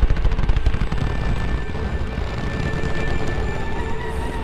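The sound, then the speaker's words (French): Forming sea ice of the North Sea, picked up underwater by a submarine: a dense, continuous rumble of rapid crackles and low thuds, with faint tonal hums running steadily above. No voices. “J'ai fini par comprendre que les bruits étranges captés par le sous-marin, c'était ça, et pas autre chose.”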